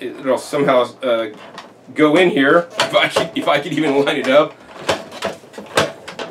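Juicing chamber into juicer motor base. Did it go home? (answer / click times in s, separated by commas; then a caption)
yes / 5.8 s. Someone talks while fitting the main juicing assembly of a cheap, China-made juicer into its motor base, struggling at first to line it up. They then turn it in the right direction, producing several sharp plastic clicks. The head locks into the base at 5.8 s.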